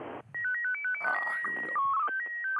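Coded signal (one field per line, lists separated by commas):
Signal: SSTV (slow-scan television)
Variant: PD 120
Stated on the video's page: Live ISS SSTV pass.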